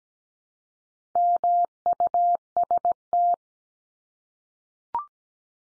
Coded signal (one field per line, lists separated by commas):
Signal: Morse code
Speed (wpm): 17 wpm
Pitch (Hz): 700 Hz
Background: none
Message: MUST